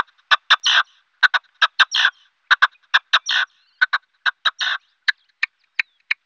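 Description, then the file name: Partridge giving rhythmic phrases of two or three short chucks ending in a drawn-out raspy note, repeated several times, then a few single short chucks. "Perdiz"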